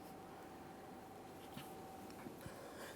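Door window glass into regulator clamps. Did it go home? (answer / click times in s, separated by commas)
no / none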